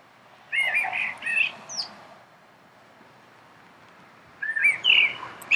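Common blackbird singing low, mellow warbled phrases with brief high squeaks, a pause, then another phrase over steady background hiss.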